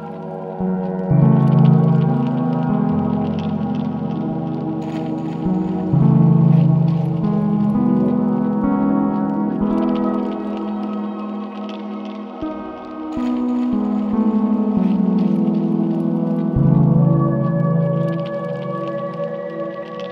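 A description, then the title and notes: Warm, dense synth pads shift chords every few seconds over a deep bass, with faint clicking textures scattered through the upper range. Recorded in one take with no processing.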